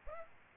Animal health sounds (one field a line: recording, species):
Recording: mosquito wingbeat signal from an infrared sensor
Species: Aedes aegypti